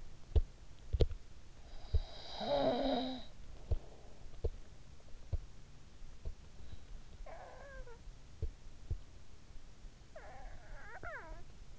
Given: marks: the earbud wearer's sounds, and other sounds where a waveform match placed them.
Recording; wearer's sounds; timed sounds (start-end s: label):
sounds in sleep by an in-ear microphone; teeth grinding, snoring breath
0.00-1.28 s: teeth grinding
1.73-3.48 s: snoring breath
3.48-6.42 s: teeth grinding
7.05-8.31 s: snoring breath
8.31-9.16 s: teeth grinding
9.79-11.79 s: snoring breath